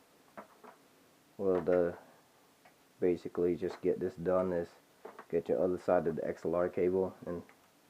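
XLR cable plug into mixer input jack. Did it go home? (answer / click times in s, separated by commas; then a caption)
no / none. Someone talks while handling the other end of an XLR microphone cable, getting the plug ready to go into a mixer's input socket, with a couple of faint short taps near the start. Nothing has seated or clicked yet.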